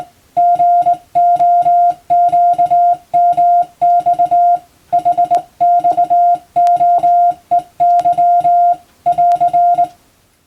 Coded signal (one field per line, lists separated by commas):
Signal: Morse code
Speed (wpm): 20 wpm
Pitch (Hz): 700 Hz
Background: music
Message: GOQMX HXOEY <AR>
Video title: 無線従事者国家試験総合無線通信士電気通信術のトレーニングにＣＷを打ってみました。アマチュア無線ハムの受信練習にもどうぞ(morse code practice for radio operator )